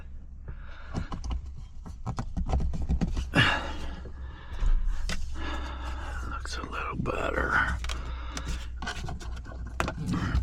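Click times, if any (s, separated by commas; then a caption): 9.8 s. During a dash cam install in a pickup truck, after the camera wiring is routed, a plastic interior trim piece is pressed back into the cab while someone talks over faint scraping and light ticks. A sharp snap at 9.8 s marks the trim piece seating into place.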